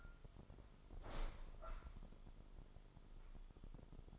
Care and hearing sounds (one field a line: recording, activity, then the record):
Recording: daily activity, microphone in the room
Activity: open window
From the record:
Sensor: 5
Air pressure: 995.8 hPa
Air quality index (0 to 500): 106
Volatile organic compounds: 8 ppm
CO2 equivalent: 2060 ppm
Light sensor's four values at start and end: 40/98/40/41 and 40/98/40/41